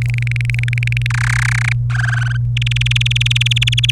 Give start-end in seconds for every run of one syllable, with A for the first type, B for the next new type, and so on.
0.02-1.07 A, 1.10-1.73 B, 1.90-2.37 C, 2.57-3.91 D